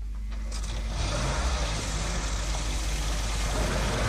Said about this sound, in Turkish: Ben arabayı çalıştırıyorum.